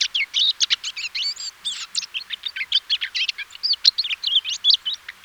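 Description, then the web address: Eurasian blackcap singing a continuous, busy warble of sharp chirps and bright whistled phrases, delivered without a break from start to finish. "SETE data Sylvia atricapilla"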